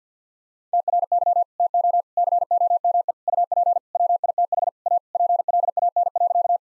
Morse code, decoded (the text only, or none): TRY TO COME UP WITH A PLAN.